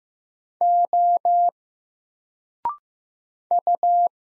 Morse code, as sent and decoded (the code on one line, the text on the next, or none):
--- / ..-
O U